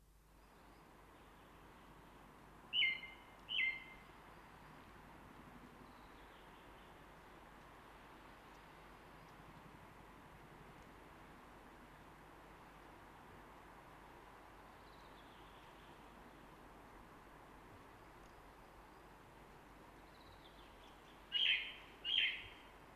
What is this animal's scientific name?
Turdus torquatus